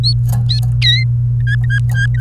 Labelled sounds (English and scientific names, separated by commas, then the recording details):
Domestic Canary (Serinus canaria) song
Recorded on 29 April 2018 at 12:05
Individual llb3